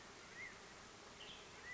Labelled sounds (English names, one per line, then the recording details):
Western Tanager
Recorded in Sonoma County, California